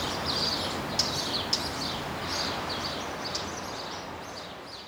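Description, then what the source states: Birds chirping, scattered high twittering notes and a few sharp clicks rising above a constant wash of background noise. Birds singing in a seaside park.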